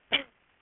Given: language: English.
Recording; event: throat vibration sensor signal played as sound; cough